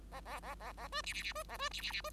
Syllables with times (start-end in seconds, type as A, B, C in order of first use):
0.11-0.20 A, 0.25-0.40 A, 0.42-0.55 A, 0.59-0.72 A, 0.77-0.88 A, 0.92-1.02 B, 1.03-1.13 C, 1.13-1.23 C, 1.23-1.33 C, 1.35-1.43 B, 1.49-1.57 A, 1.58-1.69 B, 1.71-1.81 C, 1.81-1.92 C, 1.92-2.01 C, 2.04-2.10 B